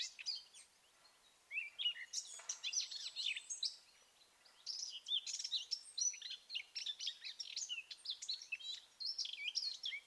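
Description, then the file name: Eurasian blackcap song, bursts of rich warbling with quick chirping notes, separated by short pauses. "Sylvia atricapilla"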